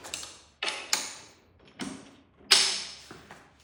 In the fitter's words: so pin locked in